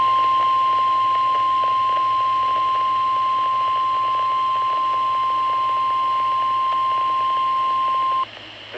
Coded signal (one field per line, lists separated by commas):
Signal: Emergency Alert System (SAME) tones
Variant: 1050 Hz attention tone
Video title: EAS | Required Weekly Test on KXI81 on a Midland WR120dsp | EAS #14